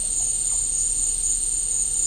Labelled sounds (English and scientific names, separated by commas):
none